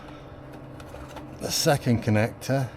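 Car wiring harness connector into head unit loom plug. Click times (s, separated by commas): 0.8 s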